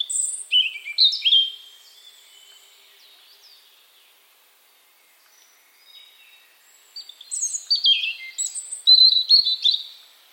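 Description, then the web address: European robin song: two bursts of high, thin, tumbling notes, separated by a quiet gap. "Deverinetal 2025 File origin Bird Only Er Ru"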